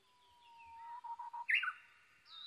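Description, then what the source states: Japanese bush warbler song: a long whistled note that breaks into a few pulsed notes, then a bright, quick ringing flourish; faint bird notes follow. Recorded 22 May 2011 at 05:58.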